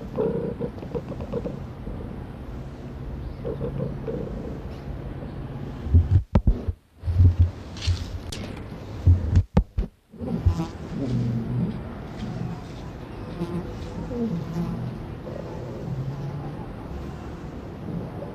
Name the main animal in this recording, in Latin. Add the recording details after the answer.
Otocyon megalotis. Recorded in captivity. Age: adult. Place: Zoo Halle, Sachsen-Anhalt, DE. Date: 1977-10-13 12:35. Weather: sonnig, ca, 18°C. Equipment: Nagra SN, Kopie Uher 4000 Report Monitor. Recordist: Tembrock, Günter